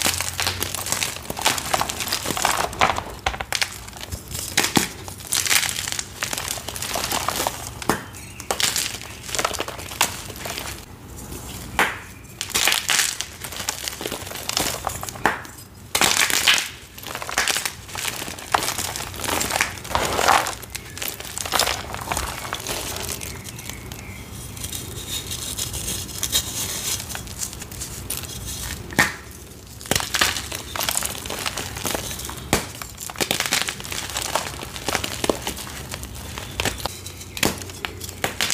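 Soft dyed gym chalk is crushed in a steady run of dry, crumbly crunches and crinkles, packed closely with many bright crackling bursts. Sharper snaps stand out around 15–16 and 20 seconds, and a faint low hum runs underneath throughout.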